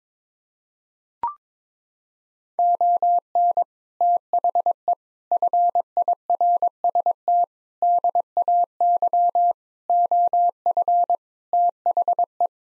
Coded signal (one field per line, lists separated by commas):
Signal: Morse code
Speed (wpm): 21 wpm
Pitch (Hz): 700 Hz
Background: none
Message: ON THE FIRST DAY OF THE